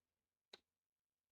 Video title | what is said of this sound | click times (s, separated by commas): Ancient Giant's Dungeon Set E01 | snaps right in almost no glue needed | 0.5 s